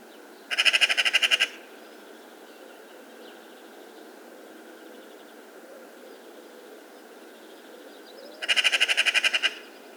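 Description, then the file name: Eurasian magpie giving a harsh rattling chatter of rapid grating notes, about one second long, repeated after a long pause. "Pica pica"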